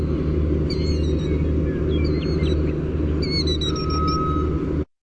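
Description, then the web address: Killdeer giving a few sharp, high, slurred call notes in short bursts, set against a constant deep rumble and a brief thin whistle-like tone. "naturesounds sounds KILL-dee"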